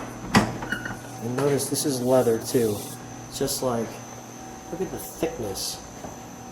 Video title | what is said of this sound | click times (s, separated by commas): 1952 Cadillac Fleetwood Series 75 Derham Limo & Engine Sound on My Car Story | And Tire slides forward, you'll hear it click. | 0.3 s